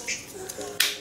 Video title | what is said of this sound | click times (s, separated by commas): Сборка бюджетного электрощита | inside - yes! It all snaps into the bars inside. | 0.5 s, 0.8 s